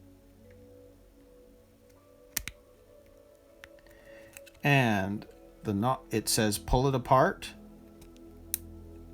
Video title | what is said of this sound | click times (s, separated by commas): Tamiya Opel Kadett GT/E on the MB-01 Chassis - Steps 10 and 11 - Differential Units 1 and 2 | and you heard the click | 8.5 s